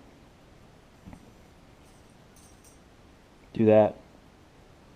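A centrifugal brake block on the spool of a Shimano SLX casting reel is being flipped on by hand. A faint tap sounds at about 1.1 s, and someone talks briefly around 3.6–3.9 s. Nothing has clicked into place or seated yet.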